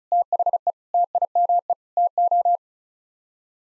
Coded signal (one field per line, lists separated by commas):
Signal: Morse code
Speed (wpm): 34 wpm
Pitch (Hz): 700 Hz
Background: none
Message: THE TIME TO